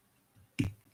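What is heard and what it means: A plastic cover is pressed onto the axle housing of an SCX10 II RC crawler, a tight fit to get on. After a faint low thud, a sharp snap at 0.6 s marks the cover seating fully in place.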